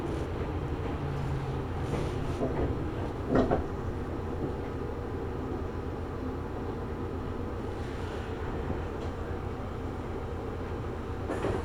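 A steady, dense low rumble from inside a local train in motion, with rolling noise holding level throughout. A sharp knock or clatter stands out at about three seconds, and faint hissing swells come and go near two, eight and eleven seconds.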